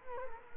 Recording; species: mosquito wingbeat signal from an infrared sensor; Culex quinquefasciatus